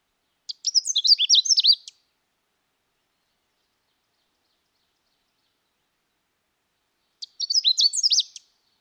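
Canada warbler song: a rapid, jumbled burst of high sweet chips and slurred notes lasting over a second, given twice nearly seven seconds apart, with silence between.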